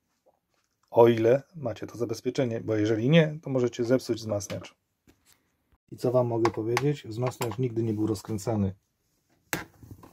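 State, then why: Released. A casing screw on a Telefunken HA 750M audio amplifier, never undone since the factory, is turned out and breaks free with one sharp click at 9.5 s, showing the unit had never been opened. Someone talks for most of the clip before the click, and a faint sound follows at about 10.0 s.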